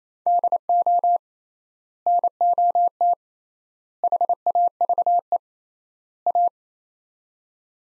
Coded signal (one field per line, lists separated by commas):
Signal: Morse code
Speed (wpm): 28 wpm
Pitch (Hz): 700 Hz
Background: none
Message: DO NOT HAVE A